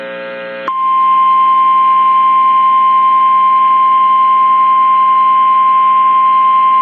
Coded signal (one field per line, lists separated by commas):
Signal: Emergency Alert System (SAME) tones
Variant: 853 and 960 Hz attention tone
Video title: EAS Tornado Warning Lafayette, Louisiana (Hurricane Laura) NOAA Weather Radio +WeatherSTAR4000 KRRQ